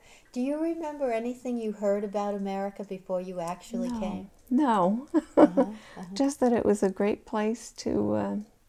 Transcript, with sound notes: Do you remember anything you heard about America before you actually came?
No. (she laughs) Just that it was a great place to